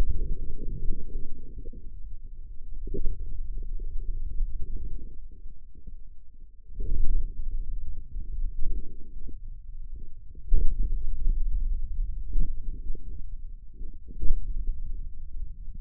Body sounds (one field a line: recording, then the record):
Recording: forearm muscle sounds (acoustic myography)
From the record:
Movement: finger pinch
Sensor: system 2, bracelet of six BSWA MPA416 microphones around the upper forearm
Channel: 6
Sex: male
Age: 22 years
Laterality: right